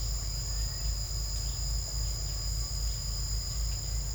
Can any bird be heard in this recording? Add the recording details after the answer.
no. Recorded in secondary vegetation near Puerto Asís, Putumayo, Colombia, on 18 December 2024 at 08:00. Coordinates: 0.499, -76.323. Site G010